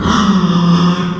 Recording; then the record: squeal of a Yucatan mini pig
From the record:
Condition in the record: after surgery on the right vocal fold (resection and tissue-engineered implant); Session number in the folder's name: 15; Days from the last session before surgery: 175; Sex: female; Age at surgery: 19 weeks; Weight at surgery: 25 kg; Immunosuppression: prednisolone